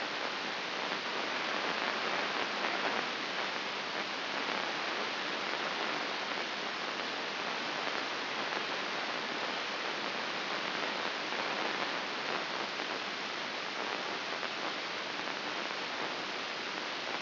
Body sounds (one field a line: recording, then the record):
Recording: brain microelectrode recording played as sound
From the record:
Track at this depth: outside the subthalamic nucleus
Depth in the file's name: 5.22 mm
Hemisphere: left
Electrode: 2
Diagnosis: Parkinson's disease